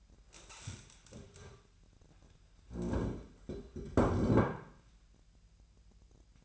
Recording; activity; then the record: daily activity, microphone in the room; stand up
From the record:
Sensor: 2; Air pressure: 1001.8 hPa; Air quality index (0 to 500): 238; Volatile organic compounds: 71 ppm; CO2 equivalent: 3525 ppm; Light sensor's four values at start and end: 7/18/7/8 and 7/16/7/7